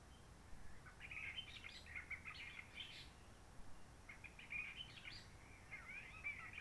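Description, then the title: Réunion bulbul giving a run of busy, chattering and whistled notes, pausing, then resuming with rising and falling warbles; faint background hum. Roche Merveilleuse forest, Réunion; quiet since the 19 March 2020 lockdown, no hikers, microlights or helicopters; sunny blue sky; birds not very active; sings simpler short phrases, adapted to past noise pollution. "Roche Merveilleuse, Réunion - Merle de lîle de la Réunion."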